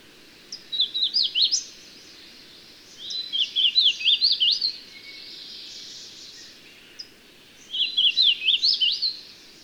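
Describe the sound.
Bird song: three short phrases of rapid, high zigzag notes separated by pauses of a few seconds, with a faint steady hiss throughout.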